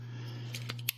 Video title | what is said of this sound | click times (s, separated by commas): Ring Alarm Contact Sensor hack DIY | this insert, this plastic insert. It should click. Yeah. Click in place. | 0.9 s